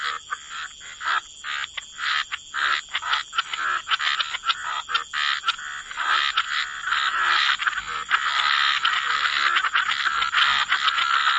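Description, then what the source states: Chorus of frogs, with choppy irregular croaking bursts early on that merge into a continuous dense trilling wall of sound. Frog chorus mixed with white noise.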